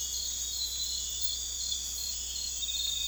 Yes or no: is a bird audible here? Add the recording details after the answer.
no. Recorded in dense forest near Puerto Asís, Putumayo, Colombia, on 21 December 2024 at 02:00. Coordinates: 0.486, -76.317. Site G003